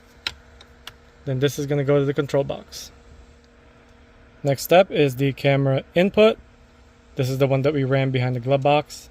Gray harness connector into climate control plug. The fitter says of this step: Make sure it clicks.